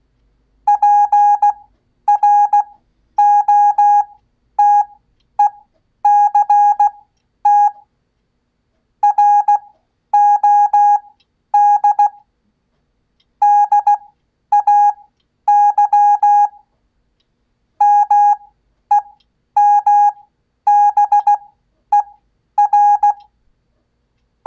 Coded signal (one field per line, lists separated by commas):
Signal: Morse code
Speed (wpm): 16 wpm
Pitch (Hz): 820 Hz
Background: none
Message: PROTECT ROD DAY MEMBER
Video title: Ham Radio Live! Code 1 Show! Learn Morse Code (CW) In 60 Days Or Less! Watch Multiple Times To Grow!